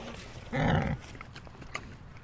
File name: ANIMAL PIG TAMWORTH UNKNOWN GRUNT